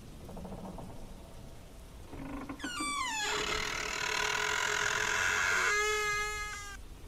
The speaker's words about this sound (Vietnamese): Tiếng gỗ nghiến vào nhau răng rắc, làm tăng thêm cái vẻ kinh dị.